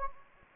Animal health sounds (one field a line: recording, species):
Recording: mosquito wingbeat signal from an infrared sensor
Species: Anopheles gambiae